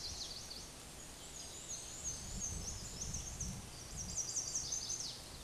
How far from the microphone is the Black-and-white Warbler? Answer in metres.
about 35 m